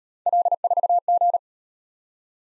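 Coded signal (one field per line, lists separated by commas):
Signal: Morse code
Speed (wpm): 37 wpm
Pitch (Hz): 700 Hz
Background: none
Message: L4G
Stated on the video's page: Speed-Racing 28 wpm drill of three-character letter-number combinations, starting at 1.5 times base speed and slowing to base, with a final repeat at maximum speed.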